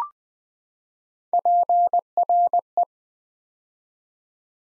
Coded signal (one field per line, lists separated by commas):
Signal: Morse code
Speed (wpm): 20 wpm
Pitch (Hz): 700 Hz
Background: none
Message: PRE